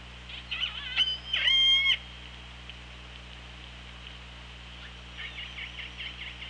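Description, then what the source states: Orca pulsed calls, loud harmonic-rich squeals bunched between one and two seconds, then faint scattered squeaks over a constant underwater hiss. OrcaLab hydrophone, underwater, 24 August 2017, 15:41:23.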